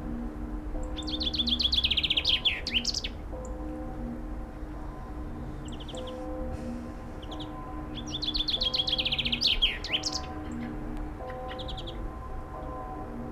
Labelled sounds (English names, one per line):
Common Chaffinch song